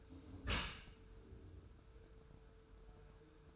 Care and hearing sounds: daily activity, microphone in the room; close dishwasher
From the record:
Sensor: 2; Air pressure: 1014.8 hPa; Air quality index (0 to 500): 24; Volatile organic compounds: 0 ppm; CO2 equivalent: 499 ppm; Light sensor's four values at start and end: 9/22/9/9 and 9/22/9/9

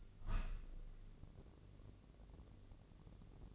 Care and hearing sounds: daily activity, microphone in the room; open window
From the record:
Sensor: 4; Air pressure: 1013.2 hPa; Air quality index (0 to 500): 167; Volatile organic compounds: 2 ppm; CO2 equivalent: 1056 ppm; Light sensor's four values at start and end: 40/97/39/40 and 40/98/40/41

